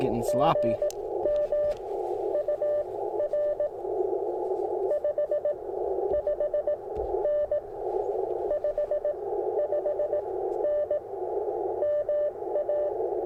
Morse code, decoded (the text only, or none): GM UR 55N 55N MA